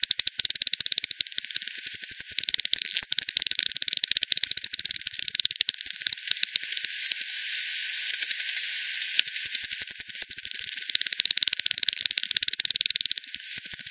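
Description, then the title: Bat clicks come in thick rattling streams, easing to a hiss-filled lull midway, then building again into rapid ticking trains. Multiple bats at Hogsmill River by Hogsmill Lane, 7 October 2020 at 18:10; frequency-division bat detector recording (FD10), band-pass filtered and resampled. "WW bat 20201007 T 18 : 10 Z-Hogsmill-Lane-Hogsmill-River-multiple-bats"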